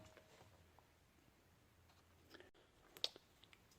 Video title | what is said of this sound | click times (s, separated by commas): Firestone Airbag installation without dropping the axle. (5th gen 4Runner) | lengthens out and then it'll pop into place just like that so | 3.0 s